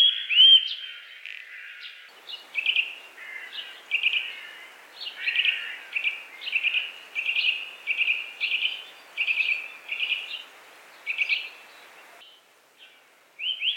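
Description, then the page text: Eurasian nuthatch giving a louder opening note, then a long series of short, high piping notes repeated at a steady pace. Song and calls. "Звуки птиц - 87. Поползень(песня и позывки)"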